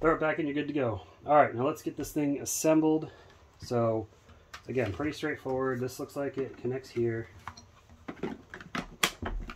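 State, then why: Seated. A Shark Vertex bagless canister vacuum (CZ2001) is being assembled, with its plastic hose/wand connector pushed onto its port on the canister body. Someone talks for most of the clip, then a few light clacks of handling lead to a sharp click at 9.0 s as the connector seats in place.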